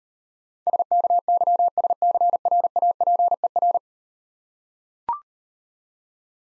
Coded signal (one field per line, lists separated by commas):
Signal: Morse code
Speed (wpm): 38 wpm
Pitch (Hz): 700 Hz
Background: none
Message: SKYSCRAPER